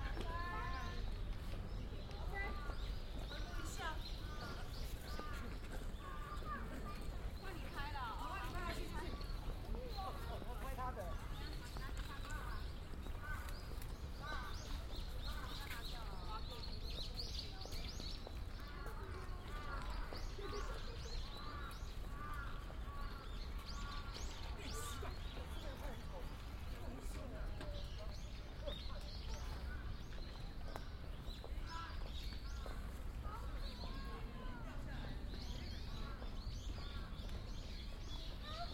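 A field recording in Ueno Park, Tokyo, full of steady overlapping voices talking throughout. Bird chirps and short calls rise above the chatter every few seconds, with a constant low rumble underneath and occasional sharp clicks or taps.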